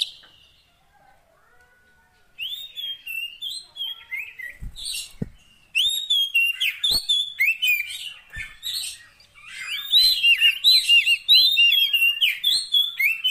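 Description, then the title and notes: Oriental magpie-robin song: after a quiet start, a rapid stream of varied whistles and chirps, with a few sharp clicks scattered through. Isian fill-in song, used so kacer birds become gacor, singing day and night. "Kacer Jadi Gacor Siang Malam. Isian Kacer Durasi Panjang"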